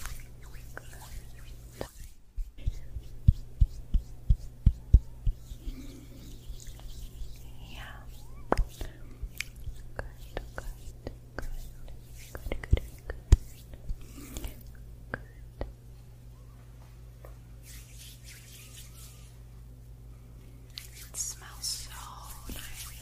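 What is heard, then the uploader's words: A scalp massage, with soft brushing and scratching through hair and a scatter of sharp little taps and clicks, thickest in the first fifteen seconds. A steady low hum runs underneath throughout, and the sound briefly drops out near the start. ASMR Scalp Massage of Dreams.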